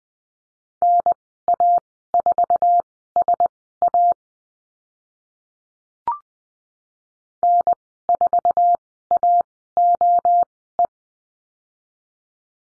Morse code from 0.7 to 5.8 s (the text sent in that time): NA4SA